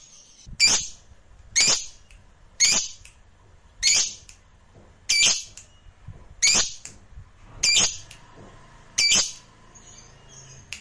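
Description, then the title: Lovebird giving loud, harsh, high squawks, eight of them repeated roughly every second and a quarter. Fighter-type lovebird singing energetically (gacor). "SUARA Lovebird FIGHTER GACOR"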